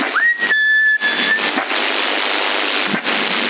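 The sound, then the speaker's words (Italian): A CB radio end-of-transmission beep on channel 10 in Sassari: a thin, steady electronic tone that glides up briefly then holds for about a second, sitting inside loud, crackling radio static and interference that continues after it stops. “lo sento il beep finale in mezzo al QRM.”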